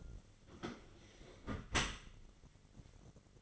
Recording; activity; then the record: daily activity, microphone in the room; close dishwasher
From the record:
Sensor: 4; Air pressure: 1003.9 hPa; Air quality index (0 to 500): 155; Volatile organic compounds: 2 ppm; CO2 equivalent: 1102 ppm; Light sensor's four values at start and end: 28/67/28/30 and 28/69/29/31